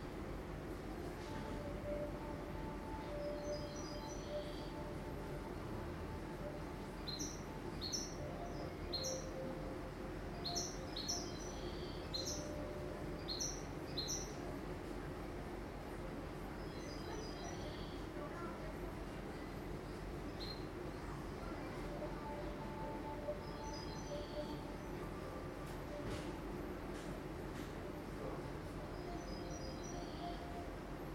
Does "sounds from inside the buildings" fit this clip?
yes